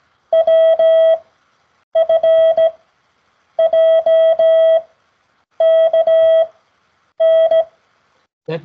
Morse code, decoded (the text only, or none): WFJKN